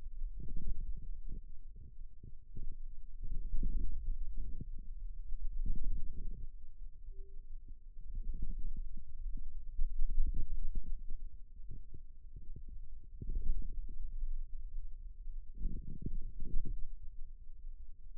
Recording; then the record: forearm muscle sounds (acoustic myography)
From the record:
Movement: radial deviation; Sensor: system 2, bracelet of six BSWA MPA416 microphones around the upper forearm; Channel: 6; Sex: male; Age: 22 years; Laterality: right